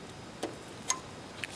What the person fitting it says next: did you hear that little click